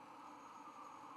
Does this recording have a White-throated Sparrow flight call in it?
no